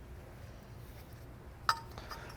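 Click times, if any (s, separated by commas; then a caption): 1.7 s. A new rubber and metal engine mount for a 2008–2013 BMW E90/E92/E93 M3 is set into its subframe bracket, installing the same way the old one came out. After a quiet stretch, a sharp metallic clink at 1.7 s marks the mount locking into place, followed by two faint softer taps. The mount is seated.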